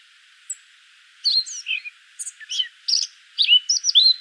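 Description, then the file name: Eurasian blackcap song: one thin high note, then a lively jumble of warbled, fluty and scratchy phrases delivered in quick succession. "Sylvia atricapilla"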